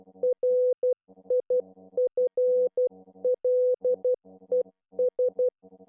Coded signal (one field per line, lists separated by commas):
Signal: Morse code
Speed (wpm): 12 wpm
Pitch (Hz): 500 Hz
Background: none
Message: RIFLES